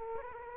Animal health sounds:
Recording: mosquito wingbeat signal from an infrared sensor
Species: Culex quinquefasciatus

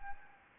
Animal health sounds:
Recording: mosquito wingbeat signal from an infrared sensor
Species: Anopheles gambiae

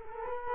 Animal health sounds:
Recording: mosquito wingbeat signal from an infrared sensor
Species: Culex quinquefasciatus

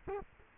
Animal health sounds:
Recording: mosquito wingbeat signal from an infrared sensor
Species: Culex quinquefasciatus

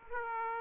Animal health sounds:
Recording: mosquito wingbeat signal from an infrared sensor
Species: Aedes aegypti

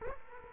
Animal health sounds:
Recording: mosquito wingbeat signal from an infrared sensor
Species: Culex quinquefasciatus

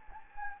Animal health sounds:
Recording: mosquito wingbeat signal from an infrared sensor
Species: Anopheles gambiae

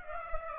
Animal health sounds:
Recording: mosquito wingbeat signal from an infrared sensor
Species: Aedes aegypti

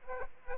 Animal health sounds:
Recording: mosquito wingbeat signal from an infrared sensor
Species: Aedes aegypti

